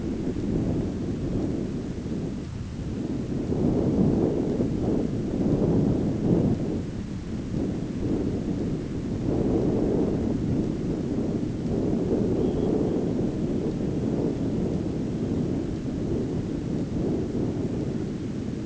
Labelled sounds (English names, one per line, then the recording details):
Dunlin
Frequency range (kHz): Dunlin 2.6-4.1 kHz
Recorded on Arctic tundra, site ZACK-1, on 15 June 2019
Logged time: 19:49